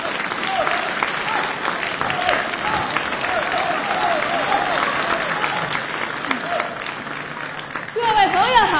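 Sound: audience applause welcoming performers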